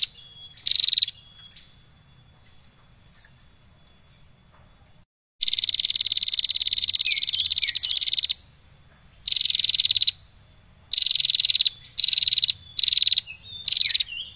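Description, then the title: Prinia song: rapid buzzy bursts of high chattering notes, a short burst, then a long burst of about three seconds followed by shorter ones, separated by brief pauses, with a faint steady high tone. Known in Indonesian as prenjak lancur; a persistently singing bird, recorded as song material for training songbirds. "Prenjak Lancur Gacor Untuk Masteran"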